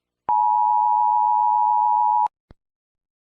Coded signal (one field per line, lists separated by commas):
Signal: Emergency Alert System (SAME) tones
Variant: 853 and 960 Hz attention tone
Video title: EAS Scenario in America (Nuclear War)